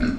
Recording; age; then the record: pig call; growing-finishing pig (85 days or more)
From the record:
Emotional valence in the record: negative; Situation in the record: barren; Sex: male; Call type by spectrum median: low-frequency call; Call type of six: low-frequency stable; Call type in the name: low-frequency stable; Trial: 2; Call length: 0.19 s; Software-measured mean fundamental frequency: 59 Hz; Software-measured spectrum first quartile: 191 Hz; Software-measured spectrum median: 300 Hz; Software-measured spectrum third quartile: 1145 Hz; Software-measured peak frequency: 246 Hz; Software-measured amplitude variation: 159 dB a second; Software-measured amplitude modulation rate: 13.2 a second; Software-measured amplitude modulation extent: 12.1 dB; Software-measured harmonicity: 5.5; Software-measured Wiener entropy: -2.51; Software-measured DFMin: 768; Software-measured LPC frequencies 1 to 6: 275, 1482, 2417, 4271, 5445, 6785 Hz